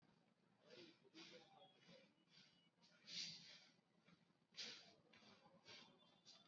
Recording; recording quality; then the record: shallow breathing; moderate, slight background noise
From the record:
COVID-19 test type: RT-PCR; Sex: male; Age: 19 years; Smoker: no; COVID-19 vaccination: both doses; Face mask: worn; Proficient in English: yes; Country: India